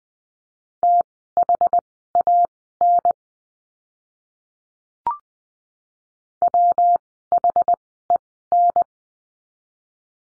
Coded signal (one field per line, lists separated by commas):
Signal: Morse code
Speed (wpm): 20 wpm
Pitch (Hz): 700 Hz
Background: none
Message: THAN WHEN